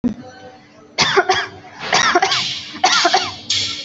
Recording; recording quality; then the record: heavy voluntary cough; excellent, no background noise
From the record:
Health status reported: recovered from COVID-19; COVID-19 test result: positive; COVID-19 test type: RT-PCR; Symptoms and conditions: another condition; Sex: female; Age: 19 years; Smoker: no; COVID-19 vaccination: one dose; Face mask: worn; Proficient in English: yes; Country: India